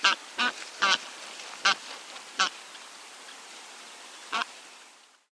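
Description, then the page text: Bean goose calls: loud, abrupt, cackling honks, several in quick succession and then a final one, with a rough background hiss. "Гуменник (Anser fabalis)"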